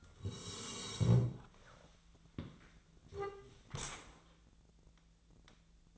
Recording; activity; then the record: daily activity, microphone in the room; sit down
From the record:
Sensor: 3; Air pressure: 1000.4 hPa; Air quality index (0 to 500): 170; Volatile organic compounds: 3 ppm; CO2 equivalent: 1482 ppm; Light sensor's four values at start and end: 13/31/13/14 and 14/32/14/14